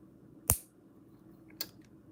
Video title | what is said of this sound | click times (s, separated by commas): Building LEGO Speed Champions Lamborghini Countach 76908 | really hope the microphones pick up that very satisfying click ah | 0.5 s